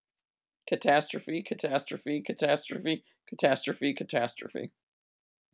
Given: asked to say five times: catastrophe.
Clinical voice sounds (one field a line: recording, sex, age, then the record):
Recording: repeated word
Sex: female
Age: 60 to 69 years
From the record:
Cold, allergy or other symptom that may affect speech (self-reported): no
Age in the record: 60 years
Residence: Illinois, United States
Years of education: 20